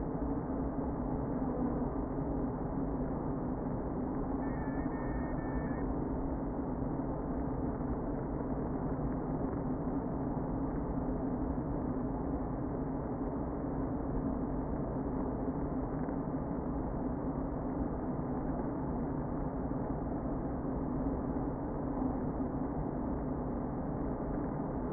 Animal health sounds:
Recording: honeybee colony, microphone inside the hive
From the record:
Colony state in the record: queen present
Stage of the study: before two queens were removed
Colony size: about 60,000 bees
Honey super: yes

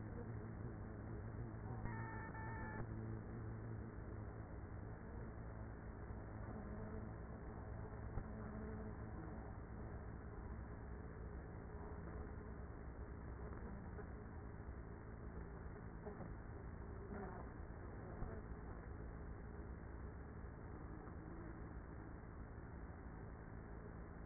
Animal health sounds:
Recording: honeybee colony, microphone inside the hive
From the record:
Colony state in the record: queenless with a low population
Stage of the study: after two queens were removed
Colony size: about 30,000 bees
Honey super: no

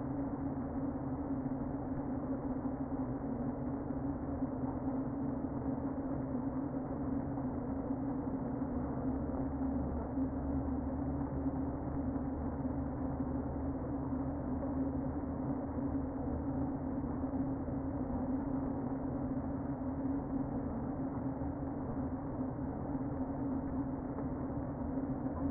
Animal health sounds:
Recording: honeybee colony, microphone inside the hive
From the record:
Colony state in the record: queen present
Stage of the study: before two queens were removed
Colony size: about 60,000 bees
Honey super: yes

